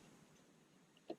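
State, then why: Seated. During reinstallation of a Dodge Challenger's center console, a plastic center console trim panel is pushed back into its console clips. After a quiet stretch of low background noise, a small click comes at 1.0 s and a louder, sharper snap at 1.1 s. The panel pops back in and is seated.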